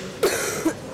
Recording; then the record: coughing mixed with background sound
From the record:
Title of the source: Single wet cough